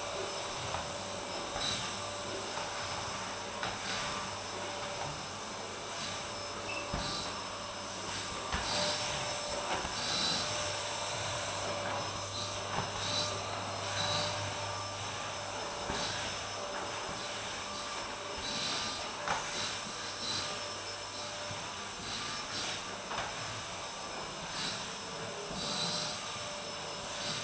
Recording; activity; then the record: daily activity, microphone in the room; vacuum cleaning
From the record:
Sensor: 2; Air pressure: 1011.7 hPa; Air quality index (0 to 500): 220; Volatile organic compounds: 4 ppm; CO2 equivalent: 1549 ppm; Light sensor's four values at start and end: 6/13/6/6 and 7/16/6/6